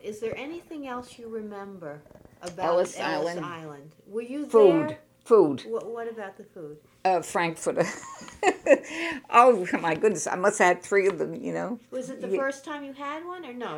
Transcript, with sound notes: Is there anything else you remember about Ellis Island?
Ellis Island?
Were you there...
Food, food.
What about the food?
A Frankfurter. (she laughs) Oh, my goodness, I must have had three of them, you know.
Was it the first time you've had one, or no?